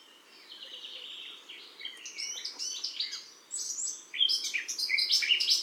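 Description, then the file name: Eurasian blackcap warbling song, beginning as a quiet scratchy chatter and swelling into louder, higher, fluty phrases over the last seconds. "Sylvia atricapilla"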